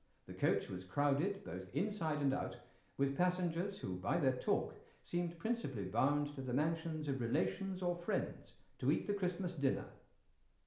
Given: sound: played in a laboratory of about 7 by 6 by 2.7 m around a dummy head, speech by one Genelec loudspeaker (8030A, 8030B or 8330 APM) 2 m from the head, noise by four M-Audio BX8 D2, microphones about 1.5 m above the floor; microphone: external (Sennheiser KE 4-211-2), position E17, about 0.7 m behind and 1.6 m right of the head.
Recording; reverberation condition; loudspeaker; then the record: male speech in English; medium; 90 degrees to the right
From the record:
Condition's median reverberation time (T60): about 510 ms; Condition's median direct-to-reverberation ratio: about -0.5 dB